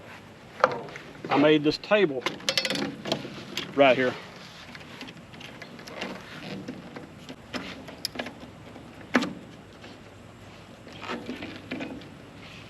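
A homemade fold-out camp table is handled on its trailer mount while someone talks, with scattered knocks and sharp taps of the parts being moved. Nothing has seated or clicked into place yet; the clip ends before the table locks into its mount.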